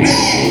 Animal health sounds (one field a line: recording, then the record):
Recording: squeal of a Yucatan mini pig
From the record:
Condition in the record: before surgery on the right vocal fold (resection and tissue-engineered implant)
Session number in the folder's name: 2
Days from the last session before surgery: 0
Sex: male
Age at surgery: 12 weeks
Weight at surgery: 13 kg